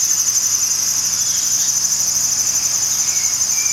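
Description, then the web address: Insects in a dense, steady high-pitched chorus, an unbroken shimmering drone with a fainter, even higher band above it, continuing without pause. Insect ambience. "E-MU Producer Series Vol 2 – More Studio Essentials SFX Insect Ambience BUGS"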